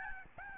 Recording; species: mosquito wingbeat signal from an infrared sensor; Aedes albopictus